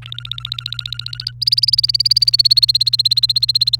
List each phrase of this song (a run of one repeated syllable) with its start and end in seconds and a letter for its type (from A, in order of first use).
0.02-1.31 A, 1.41-3.80 B